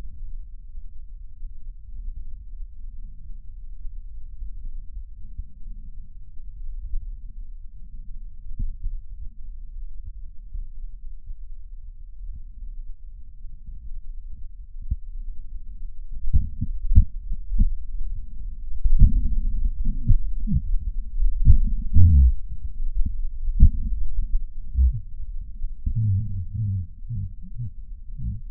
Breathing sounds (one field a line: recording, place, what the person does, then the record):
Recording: lung sounds by stethoscope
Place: right posterior apical chest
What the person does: quiet breathing, then cough and speech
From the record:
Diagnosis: pulmonary infection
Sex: male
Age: 69 years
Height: 184 cm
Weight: 115 kg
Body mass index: 34.0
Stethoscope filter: bell mode